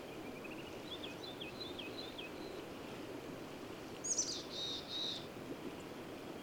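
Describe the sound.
Bird song: a soft run of twittering notes, then a louder burst of high chirped notes past the midpoint, with steady background hiss.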